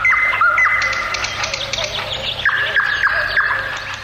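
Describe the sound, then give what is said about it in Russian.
A bird sings alone after dark at the edge of a ravine in a forest, in a clear, bright voice, a steady run of sustained whistled notes broken by quick sweeping chirps that repeat in a loose rhythm over a faint low hum. “Было уже темно, когда хозяин леса дед Аук услышал на краю оврага незнакомый ему птичий голос. Чистый, прозрачный, как роса.”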